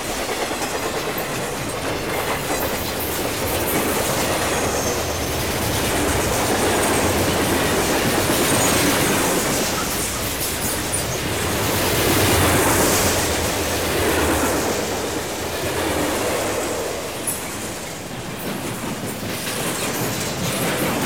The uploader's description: Freight Train with Siren Passes in Desert, Near Kingman, Arizona